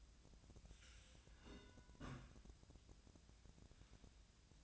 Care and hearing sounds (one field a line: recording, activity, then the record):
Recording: daily activity, microphone in the room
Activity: take from stove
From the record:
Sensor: 2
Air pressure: 1009.8 hPa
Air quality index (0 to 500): 180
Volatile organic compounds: 10 ppm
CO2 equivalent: 2251 ppm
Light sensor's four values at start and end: 32/80/34/38 and 32/79/34/38